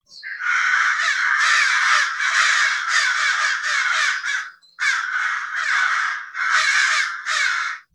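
Bird giving harsh, raspy cawing calls in long runs, a short gap near five seconds, then more bursts of hoarse calls.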